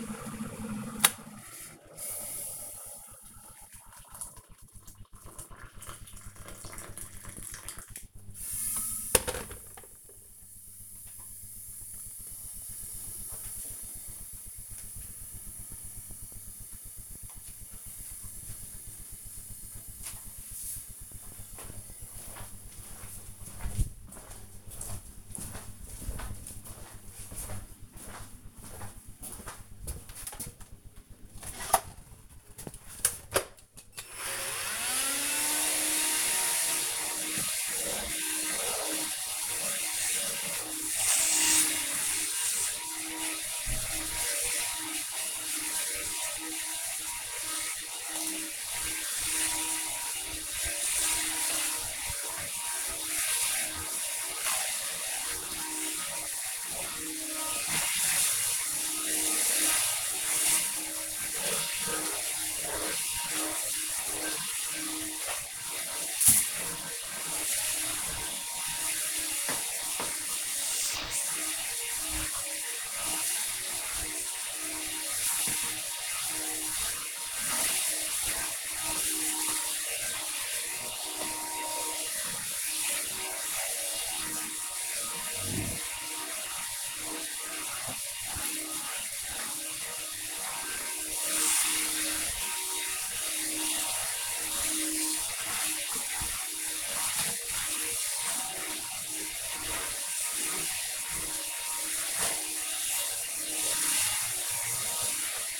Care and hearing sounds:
household activities, microphone on the right wrist
0.00-11.03 s: making tea
30.18-105.60 s: vacuum cleaning
37.39 s: note: voice?

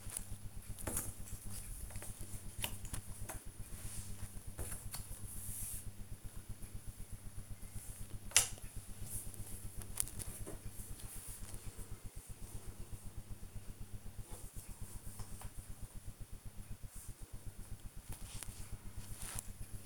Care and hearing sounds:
household activities, microphone on the right wrist
0.00-19.86 s: doing a puzzle

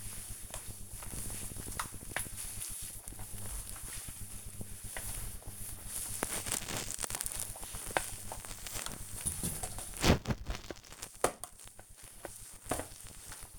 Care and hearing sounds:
household activities, microphone on the right wrist
0.00-13.59 s: floor cleaning

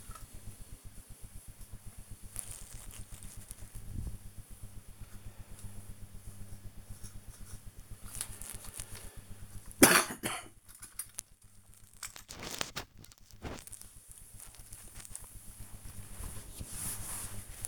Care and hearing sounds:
household activities, microphone on the right wrist
0.00-17.68 s: dusting model cars

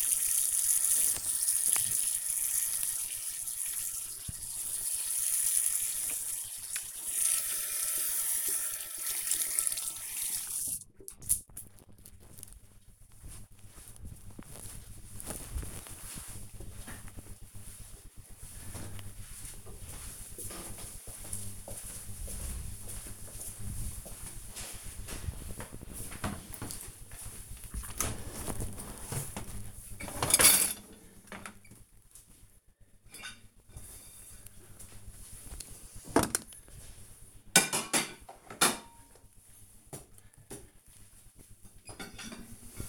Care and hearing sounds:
household activities, microphone on the right wrist
0.00-11.60 s: washing hands
27.70-42.89 s: cleaning out the dishwasher

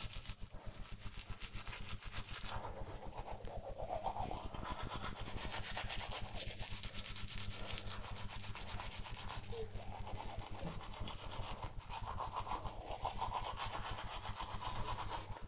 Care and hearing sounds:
household activities, microphone on the right wrist
0.00-15.48 s: brushing teeth

